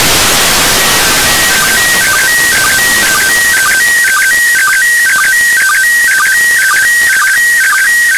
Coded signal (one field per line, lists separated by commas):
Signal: SSTV (slow-scan television)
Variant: PD 120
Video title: ISS SSTV 2018/10/28 14 20 UTC